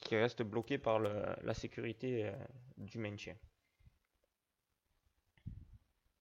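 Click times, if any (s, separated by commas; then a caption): 5.4 s. Someone talks while forcing the trigger/firing mechanism of a semi-automatic 12-gauge shotgun, a Beretta ES 100 type, out of its receiver during disassembly. After the talking stops and a few faint handling noises, a single sharp click sounds at 5.4 s as the mechanism comes free of the receiver.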